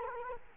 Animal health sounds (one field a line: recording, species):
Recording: mosquito wingbeat signal from an infrared sensor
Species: Culex quinquefasciatus